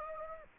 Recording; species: mosquito wingbeat signal from an infrared sensor; Anopheles gambiae